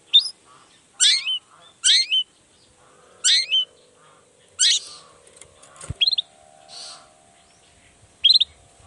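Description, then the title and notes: Long-tailed shrike song of harsh, downward-sweeping notes, mostly in pairs and spaced a second or more apart, with two short rising notes near the end and a faint low hum. Long-tailed shrike in full song (gacor) in the morning, singing the 'toet toet' variation; said to prompt other shrikes to answer. "Cendet Gacor Dor Di Kala Pagi Toet Toet Variasi Suara. Cendet Gacor Pagi Hari Biangnya Bikin Cendet Manapun Langsung On Nyaut Buka Materi. Burung cendet"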